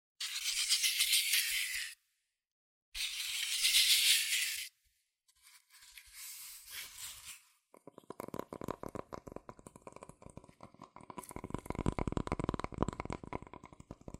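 Scratching and tapping on cardboard and paper. Two bright, hissing scratch strokes run for about two seconds each, then a softer rubbing pass, and from about eight seconds a fast, dense run of dry tapping continues to the end, growing slightly louder.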